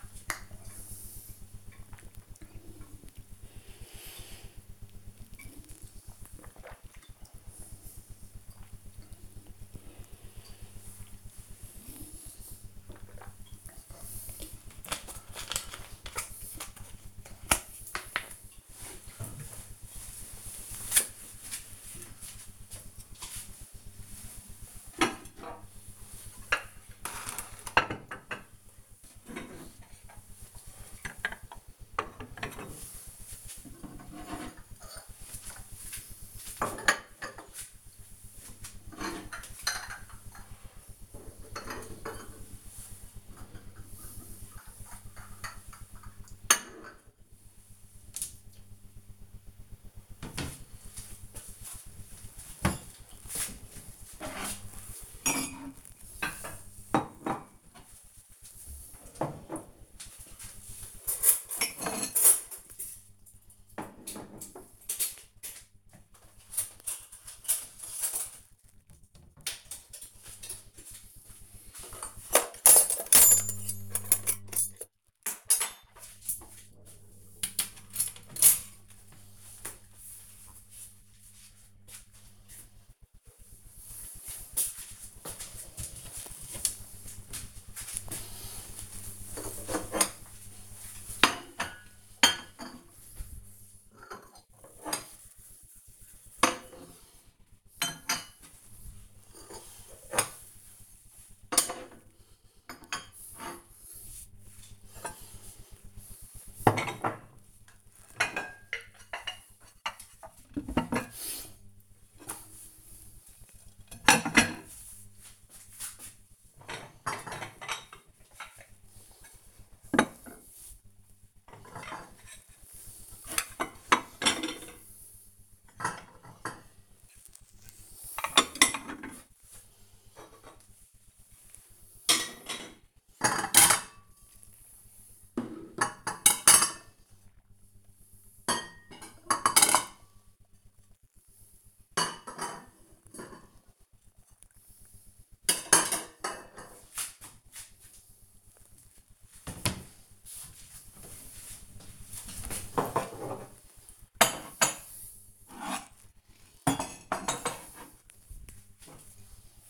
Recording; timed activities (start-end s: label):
household activities, microphone on the right wrist
0.00-13.74 s: drinking
85.03-159.70 s: putting away the dishes